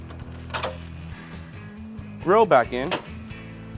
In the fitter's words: you'll hear it snap back into those two metal push pins